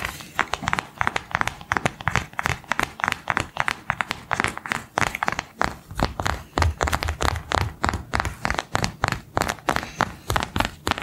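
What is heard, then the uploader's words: Rapid tapping on a karda continues for the whole clip, a dense run of sharp, bright clicks several times a second in a loose, uneven rhythm. A faint low thump comes under some strikes. ASMR KARDA TAPPING.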